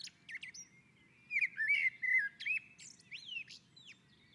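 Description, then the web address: Common blackbird singing: a liquid warbling phrase with scattered high squeaks around it. On a roof. "Naturinspelningar Koltrast på taket"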